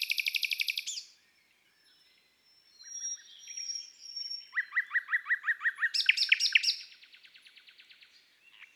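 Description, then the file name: Common nightingale song: a rapid repeated trill, a thin sustained whistle and soft clicks, then loud repeated notes and a quieter rattle. From an album of bird songs of woods and forests. "Rossignol philomele Chants doiseaux des bois et des forets"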